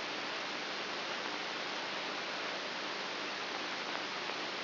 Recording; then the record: brain microelectrode recording played as sound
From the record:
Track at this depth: inside the subthalamic nucleus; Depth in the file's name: 5.24 mm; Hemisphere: right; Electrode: 3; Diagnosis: Parkinson's disease